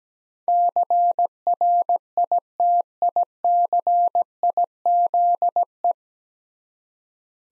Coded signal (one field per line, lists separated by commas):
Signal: Morse code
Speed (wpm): 17 wpm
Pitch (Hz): 700 Hz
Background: none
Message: CRITICIZE